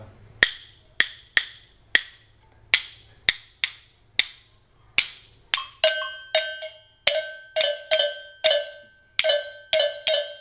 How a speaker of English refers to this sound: Now I'm going to take you to the Asante region. Then, the Asante region, you're going to use the bell, okay?